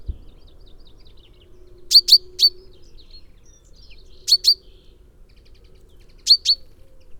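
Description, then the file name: Common Chaffinch giving three short groups of two or three bright high notes, spaced about two seconds apart, over a quiet background. "Fringilla coelebs"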